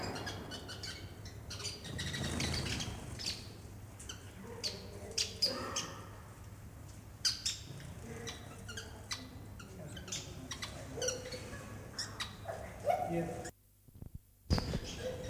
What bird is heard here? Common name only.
Sociable Weaver